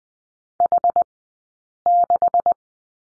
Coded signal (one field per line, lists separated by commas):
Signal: Morse code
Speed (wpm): 20 wpm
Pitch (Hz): 690 Hz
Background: none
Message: H6